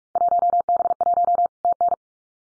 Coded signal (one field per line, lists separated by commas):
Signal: Morse code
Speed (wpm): 46 wpm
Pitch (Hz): 700 Hz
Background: none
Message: 1B1 TN